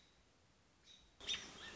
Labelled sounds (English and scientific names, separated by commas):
American Robin (Turdus migratorius)